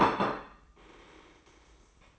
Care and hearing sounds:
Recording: daily activity, microphone in the room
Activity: place plate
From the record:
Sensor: 1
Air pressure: 995.3 hPa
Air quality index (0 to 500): 29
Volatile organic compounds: 1 ppm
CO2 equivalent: 550 ppm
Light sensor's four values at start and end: 13/47/17/17 and 13/47/17/18

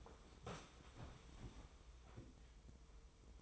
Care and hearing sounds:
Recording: daily activity, microphone in the room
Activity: sit down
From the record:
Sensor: 1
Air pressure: 1005.0 hPa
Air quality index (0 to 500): 124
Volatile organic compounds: 5 ppm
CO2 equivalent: 1730 ppm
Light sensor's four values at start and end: 11/26/10/11 and 11/27/11/12

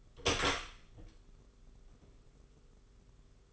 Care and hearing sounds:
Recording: daily activity, microphone in the room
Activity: open door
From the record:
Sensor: 4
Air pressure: 991.2 hPa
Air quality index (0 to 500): 134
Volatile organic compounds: 48 ppm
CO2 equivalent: 3263 ppm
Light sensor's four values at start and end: 9/22/8/9 and 14/35/13/15

